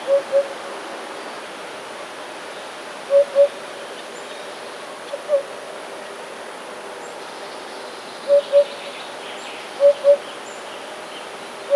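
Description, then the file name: Eurasian hoopoe uttering low hollow paired hoots in spaced series, separated by pauses of a few seconds, over faint background noise. "dudek"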